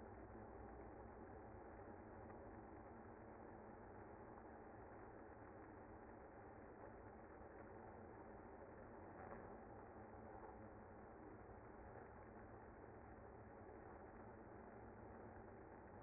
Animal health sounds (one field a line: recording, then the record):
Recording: honeybee colony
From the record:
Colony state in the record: active